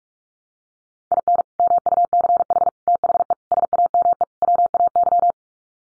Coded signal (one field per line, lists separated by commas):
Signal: Morse code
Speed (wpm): 44 wpm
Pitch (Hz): 700 Hz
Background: none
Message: IN MUCH THE SAME WAY